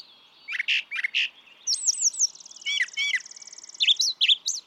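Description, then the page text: Brown thrasher song, three sharp clipped notes, then a buzzy pulsed trill and doubled slurred chirps. Same male brown thrasher heard across recordings totalling about three and a quarter hours; his repertoire is estimated at about 1300 songs. "Birdsong for the Curious Naturalist. Brown thrasher"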